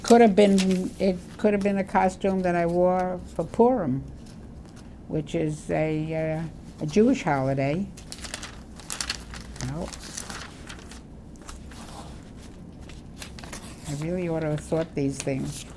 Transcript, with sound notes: It could have been—it could have been a costume that I wore for Purim, which is a—a Jewish holiday. [rustling paper sound] Oh. I really ought to have—sort these things.